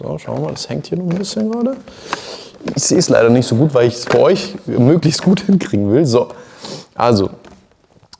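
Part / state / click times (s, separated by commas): motorcycle helmet visor from its side pivot mechanism / released / 8.1 s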